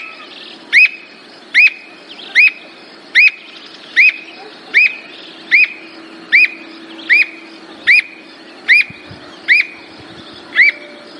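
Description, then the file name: Squirrel cuckoo song: a steady series of sharp whistled notes, repeated a little more than once a second, over faint background hiss. "canto da alma de gato"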